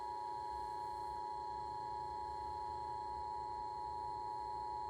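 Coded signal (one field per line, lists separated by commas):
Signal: Emergency Alert System (SAME) tones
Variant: 853 and 960 Hz attention tone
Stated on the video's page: Real Local Area Emergency alert issued by civil authorities through IPAWS, with text-to-speech voice.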